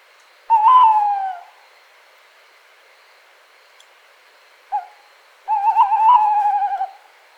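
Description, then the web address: Tawny owl hooting: a long falling hoot, a pause of about three seconds, a brief clipped note, then a long wavering hoot, against a quiet background. "strix aluco call"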